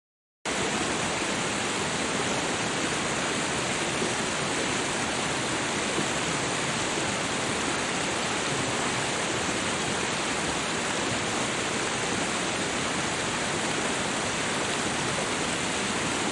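Rushing water pours in a steady, dense hiss after a brief silent start, unchanging and bright throughout with no separate splashes or events.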